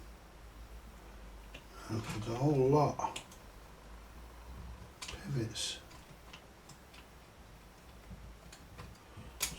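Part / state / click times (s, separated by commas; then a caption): pivoting lever of a record changer mechanism / seated / 9.4 s. While a vintage Balfour Princess 2 record player's changer mechanism is being reassembled, someone talks and the pivoting lever assembly is swung through its travel with a few faint ticks. At 9.4 s a final, louder click sounds as the part locks into place, seated.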